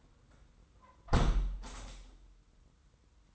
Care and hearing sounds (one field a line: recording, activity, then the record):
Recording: daily activity, microphone in the room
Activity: close window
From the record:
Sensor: 3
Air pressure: 990.3 hPa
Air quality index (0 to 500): 186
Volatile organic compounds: 1000 ppm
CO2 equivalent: 6059 ppm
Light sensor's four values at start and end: 35/82/33/31 and 34/80/32/30